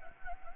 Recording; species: mosquito wingbeat signal from an infrared sensor; Anopheles gambiae